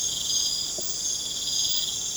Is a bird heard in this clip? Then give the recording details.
no. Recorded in pastures near Puerto Asís, Putumayo, Colombia, on 30 June 2025 at 21:00. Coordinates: 0.472, -76.331. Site G095